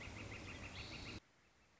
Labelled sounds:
Northern Flicker (Colaptes auratus)
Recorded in Sonoma County, California

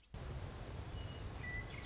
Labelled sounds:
Western Meadowlark (Sturnella neglecta)
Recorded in Sonoma County, California

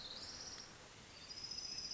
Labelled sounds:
Orange-crowned Warbler (Leiothlypis celata)
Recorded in Sonoma County, California

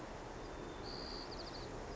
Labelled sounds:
White-crowned Sparrow (Zonotrichia leucophrys)
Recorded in Sonoma County, California

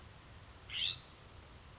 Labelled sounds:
California Scrub-Jay (Aphelocoma californica)
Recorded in Sonoma County, California

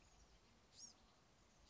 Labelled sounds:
Blue-gray Gnatcatcher (Polioptila caerulea)
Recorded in Sonoma County, California

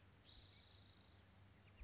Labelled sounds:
Spotted Towhee (Pipilo maculatus)
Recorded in Sonoma County, California

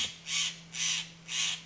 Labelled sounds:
Steller's Jay (Cyanocitta stelleri)
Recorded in Sonoma County, California

